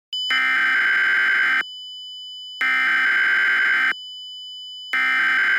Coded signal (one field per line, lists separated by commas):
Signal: Emergency Alert System (SAME) tones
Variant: header bursts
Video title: Child Abduction Emergency (CAE) EAS Mock/Remake